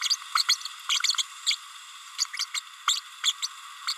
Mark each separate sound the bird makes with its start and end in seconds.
0.10-0.16, 0.34-0.44, 0.48-0.57, 1.46-1.56, 2.18-2.25, 2.39-2.45, 2.54-2.60, 2.87-3.00, 3.23-3.32, 3.42-3.47, 3.87-3.94